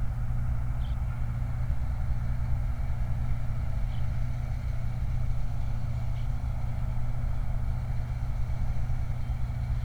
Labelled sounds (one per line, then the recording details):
songbird
vehicle
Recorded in the Prudhoe Bay oil fields, Alaska, on 29 July 2019
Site 29